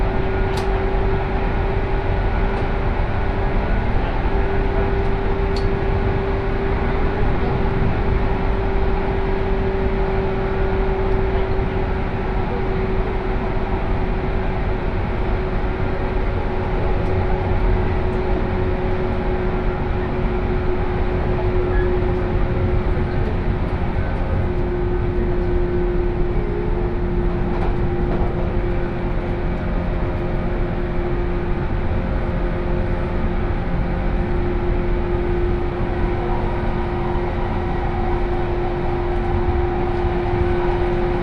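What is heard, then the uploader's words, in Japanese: A 117 series local train runs on the Kosei Line from Kyoto toward Ono, holding a steady, dense rumble at constant loudness. A fixed mid-pitched hum sits over the whole run, with a few sharp clicks near the start. 湖西線普通 京都→小野 117系。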